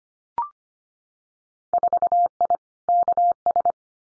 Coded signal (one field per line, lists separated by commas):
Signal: Morse code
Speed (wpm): 25 wpm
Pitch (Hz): 700 Hz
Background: none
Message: 4I KS